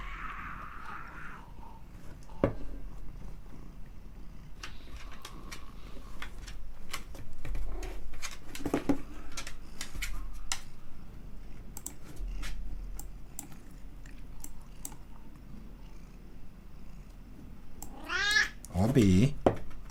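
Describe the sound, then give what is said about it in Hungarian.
A cat lets out a short, rising meow near the end, over a steady patter of keyboard typing clicks and a low background hum. “Most egy picit útban vagy, cicám.”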